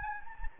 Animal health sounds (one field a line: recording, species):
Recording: mosquito wingbeat signal from an infrared sensor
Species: Anopheles gambiae